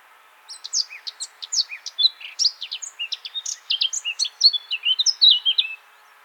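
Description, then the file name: Eurasian blackcap song, a lively, rapid chatter of high scratchy and whistled notes, over a faint steady hiss. "Sylvia atricapilla"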